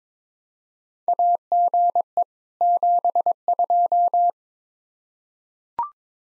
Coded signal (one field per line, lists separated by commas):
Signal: Morse code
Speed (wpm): 22 wpm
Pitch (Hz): 700 Hz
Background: none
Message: AGE 72